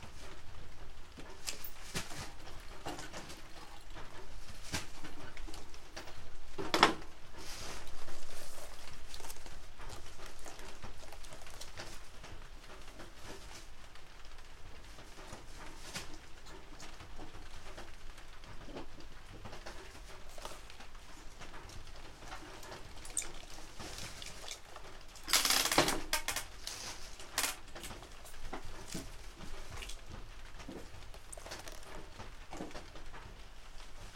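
Harvested green onions are being trimmed and peeled, with a steady run of dry rustling, tearing and crinkling as skins and leaves come off. Sharper snaps and crackles come irregularly, with louder bursts near seven seconds and around twenty-five seconds.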